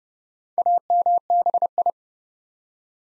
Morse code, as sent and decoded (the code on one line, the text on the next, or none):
.- -- -... ..
AMBI